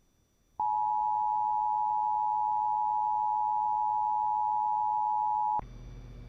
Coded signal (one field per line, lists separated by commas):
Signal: Emergency Alert System (SAME) tones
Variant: 853 and 960 Hz attention tone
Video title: EAS 4261-4265 Tests from today